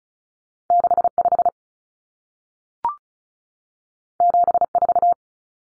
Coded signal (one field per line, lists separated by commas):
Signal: Morse code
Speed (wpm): 36 wpm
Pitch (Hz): 700 Hz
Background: none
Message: 65 74